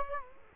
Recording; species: mosquito wingbeat signal from an infrared sensor; Culex quinquefasciatus